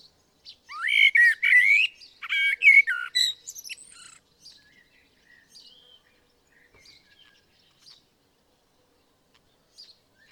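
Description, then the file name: Common blackbird singing one rich, warbled fluting phrase that breaks into a thin, squeaky twitter, then fades into quiet with a few faint chirps. "Turdus merula"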